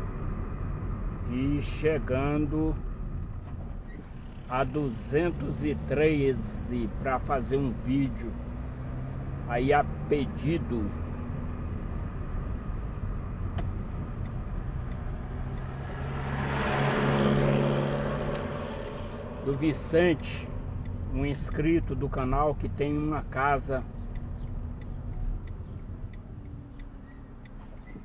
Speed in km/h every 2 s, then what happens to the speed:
29, 12, 20, 24, 31, 32, 26, 10, 10, 15, 15, 16, 9, 4.
0-2 brakes to 12. 2-8 speeds up to 31. 10-14 brakes to 10. 14-23 steady at about 15. 23-25 brakes to 4.